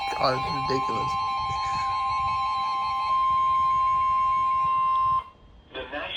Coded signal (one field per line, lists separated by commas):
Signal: Emergency Alert System (SAME) tones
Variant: 1050 Hz attention tone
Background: speech